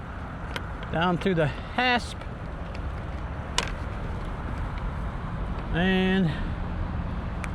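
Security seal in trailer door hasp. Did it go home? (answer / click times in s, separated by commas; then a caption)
partly / 7.4 s. Someone talks as a security seal is threaded through a trailer door hasp and pushed closed, with steady background rumble and a sharp tap at 3.6 s. The seal's first ratchet click comes at 7.4 s; it counts as one click and is not yet fully tightened, which makes the seal harder for someone behind the trailer to pop.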